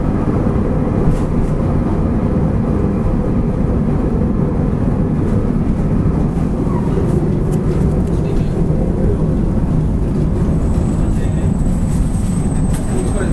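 Recorded aboard a local train on the Wakamatsu Line, the clip holds a dense, steady low rumble of the moving carriage throughout, with little change in level. Faint clicks and rattles show through now and then, and a thin high whine enters near the end.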